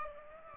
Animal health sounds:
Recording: mosquito wingbeat signal from an infrared sensor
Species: Aedes aegypti

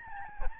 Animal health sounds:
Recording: mosquito wingbeat signal from an infrared sensor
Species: Aedes albopictus

